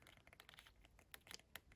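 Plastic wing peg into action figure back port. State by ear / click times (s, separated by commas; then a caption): not seated / none. A plastic wing peg on an action figure is handled and pushed toward its peg hole in the port on the figure's back, producing a run of light, dry plastic ticks and rattles with a few sharper clicks near the end. Nothing has seated or clicked into place yet.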